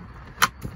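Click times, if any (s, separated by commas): 0.4 s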